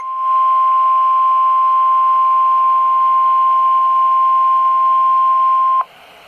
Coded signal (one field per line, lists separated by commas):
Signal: Emergency Alert System (SAME) tones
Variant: 1050 Hz attention tone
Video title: Severe Thunderstorm Warning/Watch 638 [EAS 557/558] | NOAA Weather Radio (9/8/2012)